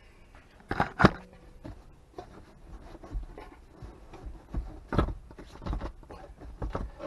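Metal retaining clips that cut into the floor during a seatbelt installation on a 2015 VW Beetle are pressed into the floor trim, giving a quick cluster of sharp clicks at 0.7, 0.8 and 1.1 seconds as they snap into place. Softer handling taps and rustles follow, and the clips end up seated.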